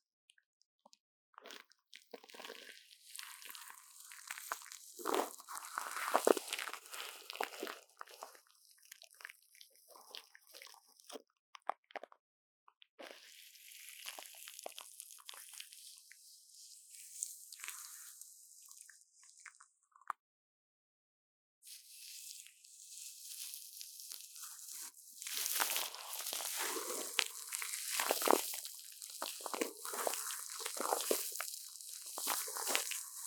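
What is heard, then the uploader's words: Crinkling and crunching of plastic wrap comes in dense, bright bursts, with a soft brushing hiss, pausing briefly around eleven and twenty-one seconds. Brain Tingling Mic Brushing | Plastic Wrap | NoTalking.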